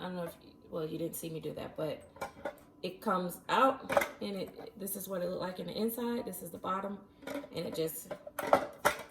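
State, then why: Seated. Someone talks while fitting the plastic bottom/blade assembly of a Nama J2 slow juicer into the juicer housing. A few sharp plastic knocks come near the end, and the bottom assembly clicks into place at 8.9 s.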